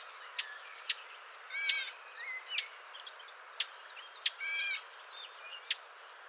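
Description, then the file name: Eurasian blackcap giving hard, clicking tac calls at irregular intervals of roughly a second, with softer harmonic notes between them. "Sylvia atricapilla"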